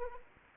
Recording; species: mosquito wingbeat signal from an infrared sensor; Anopheles arabiensis